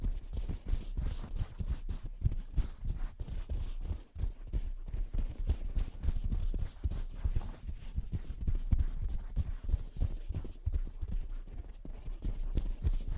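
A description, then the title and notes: Gentle tapping and scratching runs the whole way through, a dense, uneven patter of soft knocks with a hollow, clip-clop quality. The taps sit mostly low and muted, with brief scratchy brushes between them and a short lull around four seconds. Gentle Tapping and Scratching. (No Talking).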